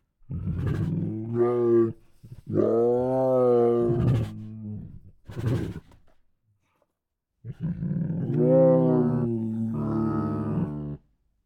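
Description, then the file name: Tiger moaning growls, deep and richly harmonic, in long drawn-out bursts with a few short breathy puffs between them, then a pause before two more long growls. Two hungry tigers making many snorts. "Two Tigers Make Many Hungry Snorts [Sound Ideas]"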